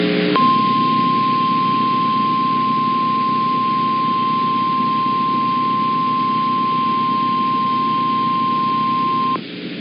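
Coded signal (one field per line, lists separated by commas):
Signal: Emergency Alert System (SAME) tones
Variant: 1050 Hz attention tone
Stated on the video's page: Real storm EAS alerts.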